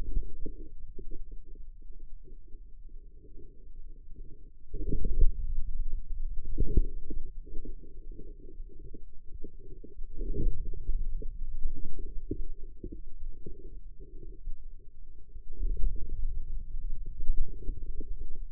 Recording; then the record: forearm muscle sounds (acoustic myography)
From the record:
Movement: inward rotation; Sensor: system 2, bracelet of six BSWA MPA416 microphones around the upper forearm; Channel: 5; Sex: male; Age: 22 years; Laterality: right